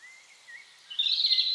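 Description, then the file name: European robin with a thin, level whistle followed by a louder cluster of high, shrill notes toward the end. "Erithacus rubecula"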